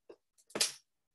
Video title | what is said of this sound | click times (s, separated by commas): GRIDS Workshop w/ Prof. John Forrest: Portfolios, Cover Letters, and Resumes | so i got yeah you can hear it click and everything um | 0.6 s